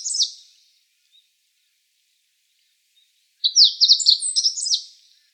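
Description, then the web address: Meadow bunting song: the tail of one phrase, then after a three-second pause a full phrase of about two seconds of rapid, varied high chirps and short trills. The background is quiet. Recorded on 9 May 2013. "birdenaga hojiro 130509"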